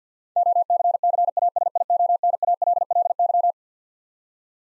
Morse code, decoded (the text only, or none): OCCASIONALLY